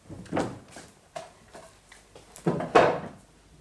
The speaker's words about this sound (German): Die Stühle alle noch auf den Tischen. Das stört mich nicht. Ich nehme mir einen runter.